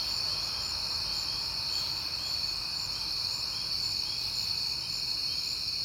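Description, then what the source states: Crickets chirping nonstop in a high, buzzy chorus, with subtle low rumble below. Recorded at night in September on a peaceful night; the recordist had been hearing crickets a lot that month.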